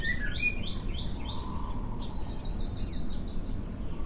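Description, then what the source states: Birds chirping, quick high chips at the start, then a fast run of repeated buzzy notes, with a low background hum. Recorded in the morning.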